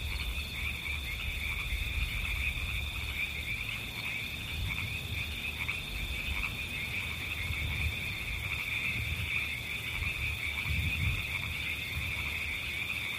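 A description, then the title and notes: River frogs call in a dense, unbroken chorus, a bright trilling band layered thickly with no gaps across the whole stretch. Beneath it a steady low rumble and hiss of moving water holds an even level throughout, with no distinct single events. 20 Minutes with River Frogs and White Noise.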